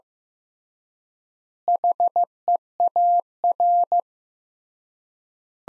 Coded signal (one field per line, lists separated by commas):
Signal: Morse code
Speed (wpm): 15 wpm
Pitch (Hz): 700 Hz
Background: none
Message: HEAR